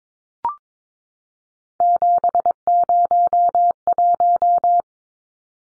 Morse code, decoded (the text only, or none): 701